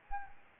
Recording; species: mosquito wingbeat signal from an infrared sensor; Anopheles gambiae